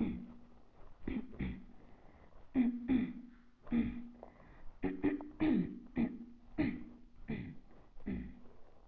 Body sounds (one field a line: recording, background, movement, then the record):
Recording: throat clearing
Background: quiet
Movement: sitting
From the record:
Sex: female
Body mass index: 22.6 kg/m2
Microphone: on the chest, facing the body